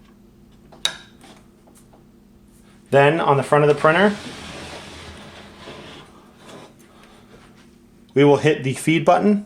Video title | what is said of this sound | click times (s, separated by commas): Sato CL4NX Pro Media and Ribbon Loading | Once all the ridges are taken out of the ribbon, we can lock the mechanism back down until we hear a loud click. | 0.9 s